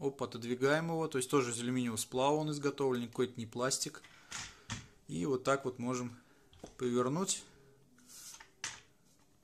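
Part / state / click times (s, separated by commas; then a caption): tripod leg angle-lock latch on the tripod hub / seated / 8.6 s. Someone talks while a carbon/aluminium leg of an Ulanzi MT-61 tripod is swung out to the first angle-stop mark, until the aluminium-alloy (not plastic) angle-lock latch on the tripod hub engages. A few quieter handling knocks come first, then a sharp click at 8.6 s as the leg locks in position and will not go any higher.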